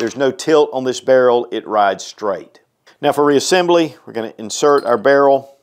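Someone talks while handling the steel Tempo rotating barrel of a Smith & Wesson M&P 5.7x28 pistol, which rides straight with no tilt, as it is about to be inserted into its locking cam block for reassembly. Only speech is heard; the barrel has not locked in and nothing has clicked yet.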